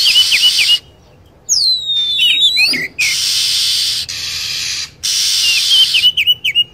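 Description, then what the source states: Lovebird calls: short, repeated dipping chirps, a long falling whistle, then harsh hissy screeches, all high-pitched. Lure sound used for attracting lovebirds.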